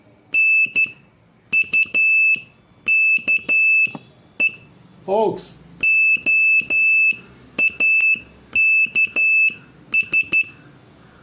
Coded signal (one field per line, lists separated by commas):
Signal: Morse code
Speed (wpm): 11 wpm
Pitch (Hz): 2650 Hz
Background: speech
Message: NUKE OAKS